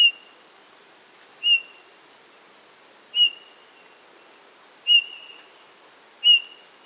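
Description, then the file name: Eurasian bullfinch giving soft, plaintive piping whistles, each short and flat, repeated about every one and a half seconds, five calls with a quiet background. "Pyrrhula pyrrhula"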